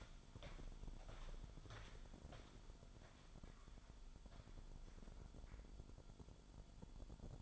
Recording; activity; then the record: daily activity, microphone in the room; walk to room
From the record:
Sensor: 5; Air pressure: 1008.3 hPa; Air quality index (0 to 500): 123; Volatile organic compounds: 1 ppm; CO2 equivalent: 945 ppm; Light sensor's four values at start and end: 33/76/31/31 and 34/80/32/31